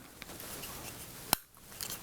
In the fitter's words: it will snap into place with a click